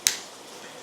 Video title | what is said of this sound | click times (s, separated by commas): OS FS-20 A Disassembly Video Part 1 of 2 (1/18/21) | you should hear a nice clicking snapping sound like that | 0.1 s